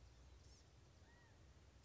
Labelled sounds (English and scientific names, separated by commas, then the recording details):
California Quail (Callipepla californica)
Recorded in Sonoma County, California